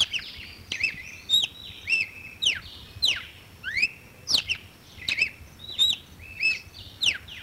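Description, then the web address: Red-cowled cardinal song: sharp whistled notes, steep downslurs and short flat tones, repeated at a quick, uneven pace of nearly two per second. "cardeal-do-nordeste canto"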